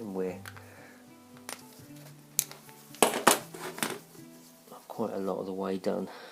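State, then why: Not seated. A Honda VF750F motorcycle transmission input shaft is handled as it is fitted back into the engine crankcase, with sharp metallic knocks and clinks around 1.5, 2.4, 3.0, 3.3 and 3.8 seconds over background music while someone talks. Nothing has seated or clicked into place yet by the end of the clip.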